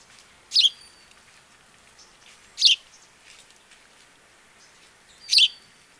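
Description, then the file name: House sparrow calling with three short, bright chirps, the last two nearly three seconds apart, against a steady low hiss and faint scattered clicks. "Passer domesticus"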